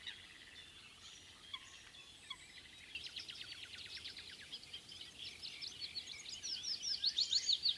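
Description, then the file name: Eurasian reed warbler song: a chattering run of rapid, repeated scratchy notes that grows louder toward the end, with softer chirps at the start. "Kleinekarekiet"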